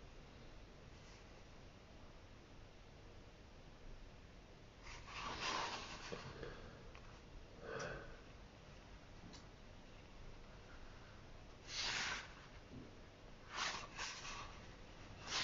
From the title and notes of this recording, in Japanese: 本の「はじめに」ないしそれに当たる部分だけを読み、印象に残った一節を書き写しているときの音です。本の「はじめに」だけを読み、印象に残った一節を書き写す。